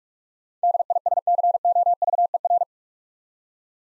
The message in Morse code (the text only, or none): DISCOVER